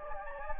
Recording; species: mosquito wingbeat signal from an infrared sensor; Anopheles gambiae